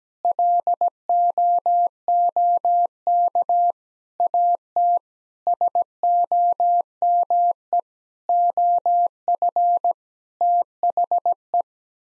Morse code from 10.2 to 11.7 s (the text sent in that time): THE